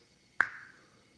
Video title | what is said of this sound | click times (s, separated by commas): 😎 Yo-Yo Maintenance then Practice Stream! How to clean a yoyo bearing 🤔 | and you'll hear a little click | 0.4 s